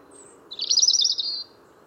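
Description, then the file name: European robin giving one short, fast, high trilled phrase lasting about a second, with a faint thin note before it and a low steady hum behind. "Erithacus rubecula"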